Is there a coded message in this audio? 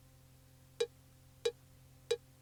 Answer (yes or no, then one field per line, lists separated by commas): no